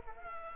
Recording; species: mosquito wingbeat signal from an infrared sensor; Culex quinquefasciatus